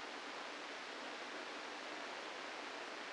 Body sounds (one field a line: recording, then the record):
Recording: brain microelectrode recording played as sound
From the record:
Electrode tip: inside the subthalamic nucleus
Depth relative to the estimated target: 0 mm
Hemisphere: left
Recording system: NeuroSet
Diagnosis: Parkinson's disease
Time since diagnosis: 8 years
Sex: male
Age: 65 years